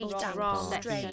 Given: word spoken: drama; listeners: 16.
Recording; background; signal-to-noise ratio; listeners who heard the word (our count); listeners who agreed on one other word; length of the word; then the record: one English word in noise, from a listening test; four-talker babble; 0.9 dB; 0 of 16; 6 of 16; 0.72 s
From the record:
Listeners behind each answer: 6, 3, 1, 1, 1, 1, 1, 1, 1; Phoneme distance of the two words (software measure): 47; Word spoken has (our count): 2 syllables, 5 phonemes, stress on syllable 1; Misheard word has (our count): 2 syllables, 4 phonemes, stress on syllable 1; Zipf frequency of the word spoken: 4.52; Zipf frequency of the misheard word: 4.82